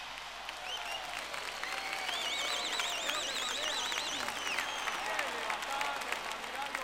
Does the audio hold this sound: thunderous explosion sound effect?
no